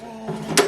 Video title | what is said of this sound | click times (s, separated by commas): NINJA MEGA KITCHEN SYSTEM 1500- NINJA BLENDER & FOOD PROCESSOR -TESTING,UNBOXING & FIRST IMPRESSION | you know and it clicks into place | 0.6 s